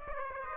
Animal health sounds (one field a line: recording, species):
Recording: mosquito wingbeat signal from an infrared sensor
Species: Aedes aegypti